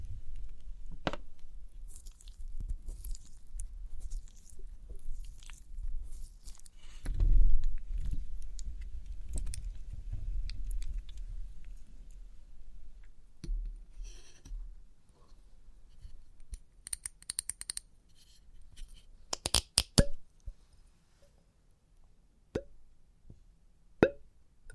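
Experimental triggers in test tubes: irregular clicks, taps and small plops, a low rumbling bump near seven seconds, then sharper bright clinks after fifteen seconds.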